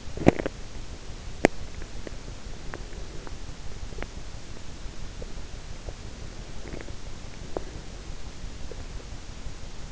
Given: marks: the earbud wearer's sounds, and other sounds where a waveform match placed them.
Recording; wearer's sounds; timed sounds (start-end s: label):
sounds in sleep by an in-ear microphone; teeth grinding
0.00-0.69 s: teeth grinding
1.23-1.81 s: teeth grinding
3.84-4.20 s: teeth grinding
6.47-7.80 s: teeth grinding